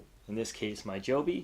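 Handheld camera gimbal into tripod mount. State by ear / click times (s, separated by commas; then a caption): not seated / none. A Removu S1 handheld camera gimbal is handled beside a Joby tripod's quick-release mount while someone talks. Nothing has seated or clicked into the mount yet.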